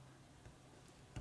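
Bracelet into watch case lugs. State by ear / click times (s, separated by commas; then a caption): not seated / none. A metal watch bracelet is being handled and fitted back toward the case lugs on its spring bars during reassembly of an automatic chronograph. Over a faint low hum, a soft tick comes near 0.5 s and a brief, sharper metallic tick at about 1.2 s. Nothing has seated or clicked into the lugs yet.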